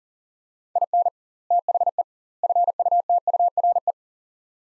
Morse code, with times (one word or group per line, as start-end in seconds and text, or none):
0.8-1.1 IN
1.5-2.0 THE
2.4-3.9 FUTURE